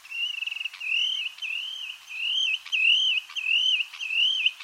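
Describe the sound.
Bird song: wavy, warbling whistled phrases, each lasting under a second, given one after another with brief gaps and faint clicks between them.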